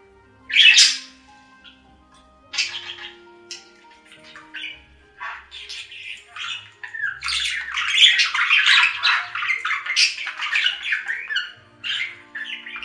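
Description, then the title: Budgerigar calls start as scattered single squawks, then build into dense, rapid warbling chatter. "Budgie Sounds"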